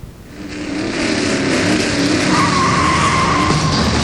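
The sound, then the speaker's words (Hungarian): Racing car engines in a taxi race in Budapest roar steadily while tires skid and squeal, a thin high whine rising over the dense, continuous motor noise for several seconds. “És elindult a élesedik a taxiverseny Budapesten.”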